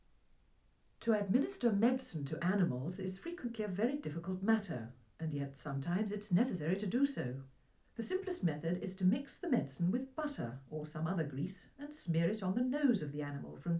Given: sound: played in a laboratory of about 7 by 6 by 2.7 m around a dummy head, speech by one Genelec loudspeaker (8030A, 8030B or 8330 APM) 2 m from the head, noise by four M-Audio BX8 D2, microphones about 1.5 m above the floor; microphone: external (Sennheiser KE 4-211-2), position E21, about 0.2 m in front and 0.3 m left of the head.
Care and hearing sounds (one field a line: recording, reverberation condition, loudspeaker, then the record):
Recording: female speech in English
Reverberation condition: low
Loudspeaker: behind (180 degrees)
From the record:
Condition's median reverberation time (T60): about 310 ms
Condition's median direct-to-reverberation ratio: about 3.5 dB